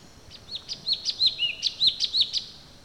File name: suara burung cucak cungkok orange bellied leafbird